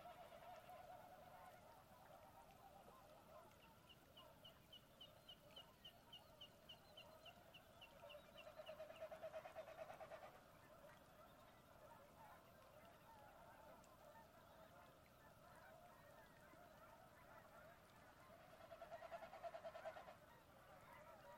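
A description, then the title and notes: Waterfowl honk and call over a steady wash of trickling water. A quick run of high, evenly spaced chirps comes in around four to eight seconds. Louder bursts of honking swell near nine to ten seconds and again near nineteen seconds. Dusk falls on my second night at Conboy Lake National Wildlife Refuge in Glenwood, WA. This time of year the sound of trickling water is omnipresent as the shallow valley fills with still water. They also make the constant "peep-peep-peep-peep" call you hear throughout. Many different kinds of waterfowl, songbirds, and cranes.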